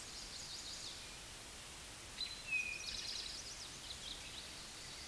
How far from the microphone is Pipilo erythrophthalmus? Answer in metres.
about 20 m